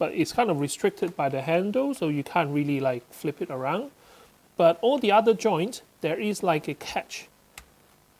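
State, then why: Seated. Someone talks while handling a Zhiyun Smooth Q3 3-axis handheld phone gimbal, then the folding arm joint is turned until its catch clicks into the locked position at 7.6 s. The arm is seated and no longer moves.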